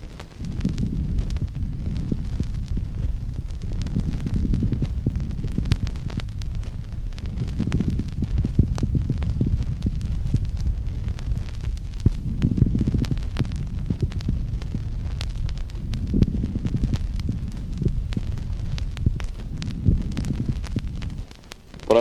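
Low, grating, scratchy sounds rise and fall with each breath, about 15 breaths a minute, heard over an adult chest. This is a coarse pleural friction rub, which arises when the pleural layers are inflamed and rub against each other during breathing.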